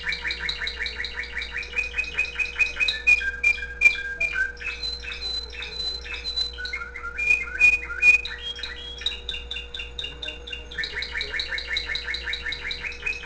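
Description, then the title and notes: Loud canary song mixing fast repeated chirps, rich warbles and clear whistled notes, with rapid trill sequences at start and end; low hum beneath. The owner's own canary, recorded singing with background music playing. "mi canario. musica de fondo"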